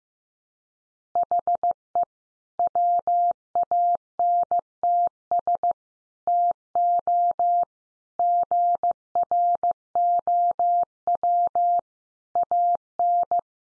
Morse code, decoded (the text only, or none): HE WANTS TO GROW AN